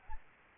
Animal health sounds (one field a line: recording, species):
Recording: mosquito wingbeat signal from an infrared sensor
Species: Aedes albopictus